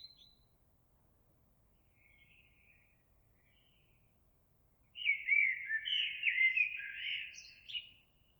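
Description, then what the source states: Eurasian blackbird song: faint soft notes at first, then a loud, rich warbled phrase of tumbling fluty notes lasting about three seconds. Recorded 26 April 2022.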